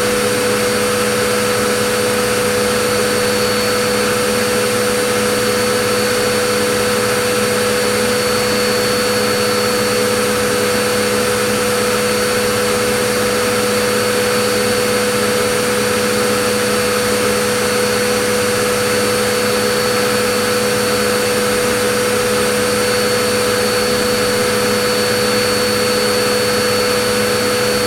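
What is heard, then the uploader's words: A vacuum cleaner runs continuously with an unchanging, dense whoosh and a steady mid-pitched motor whine, even throughout without interruption. Vacuum Cleaner | White Noise.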